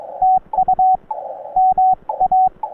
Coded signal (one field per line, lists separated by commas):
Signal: Morse code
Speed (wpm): 21 wpm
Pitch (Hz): 760 Hz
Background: radio noise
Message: TU MA